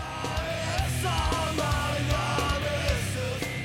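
A hardcore/metalcore song with harsh shouted vocals over dense, distorted guitars and pounding low drums, loud and relentless throughout with no pauses.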